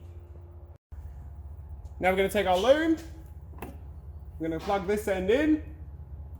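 Someone talks while handling the plastic connector end of a wiring loom to plug it into the reverse light socket of a twin reverse light kit for a Focus XR5 Turbo / RS mk2 / ST225. A brief sharp sound is heard at 3.6 s between the speech. The connector has not seated or clicked yet.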